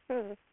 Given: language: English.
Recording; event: throat vibration sensor signal played as sound; speech